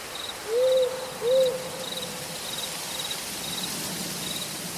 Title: Crickets and Owls Music in Forest at Night